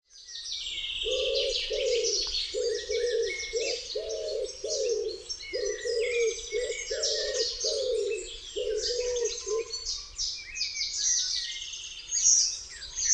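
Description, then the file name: Common wood pigeon giving a long run of deep, rounded coos that stop after about ten seconds, with lively high songbird chatter continuing throughout. "grzywacz"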